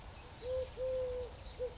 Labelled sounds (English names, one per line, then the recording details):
Eurasian Collared Dove
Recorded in Sonoma County, California